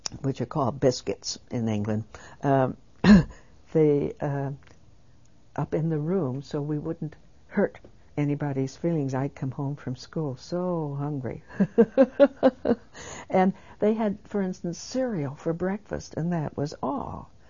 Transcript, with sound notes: which are called biscuits in England, up in the room, so we wouldn't hurt anybody's feelings. I'd come home from school so hungry. [she laughs] And they had, for instance, cereal, for breakfast, and that was all.